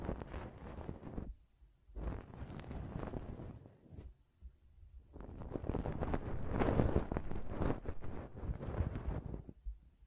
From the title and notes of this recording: ASMR Ear Cleaning and Blowing (No Talking).